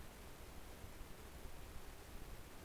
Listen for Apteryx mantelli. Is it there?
no